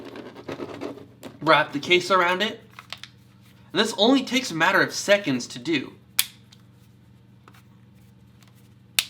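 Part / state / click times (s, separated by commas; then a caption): battery power case closing around a smartphone / seated / 9.0 s. A Seidio Innocell Plus battery power case is wrapped around an HTC Evo 4G LTE smartphone and pressed closed while someone talks. A sharp tap is heard at about 6.2 s, then a loud, sharp snap at 9.0 s marks the case locking shut around the phone, firmly seated.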